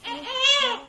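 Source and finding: Infant. Infant cry.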